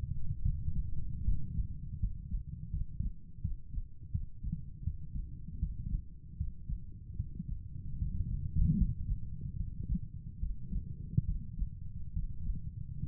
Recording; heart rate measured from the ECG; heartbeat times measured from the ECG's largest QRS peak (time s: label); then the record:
heart sounds by stethoscope; 76 bpm
0.42 s: heartbeat
1.24 s: heartbeat
1.99 s: heartbeat
2.70 s: heartbeat
3.41 s: heartbeat
4.11 s: heartbeat
4.84 s: heartbeat
5.59 s: heartbeat
6.37 s: heartbeat
7.16 s: heartbeat
7.98 s: heartbeat
8.77 s: heartbeat
9.56 s: heartbeat
10.40 s: heartbeat
11.25 s: heartbeat
12.13 s: heartbeat
13.04 s: heartbeat
From the record:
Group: healthy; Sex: male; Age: 35 years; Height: 178 cm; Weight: 64 kg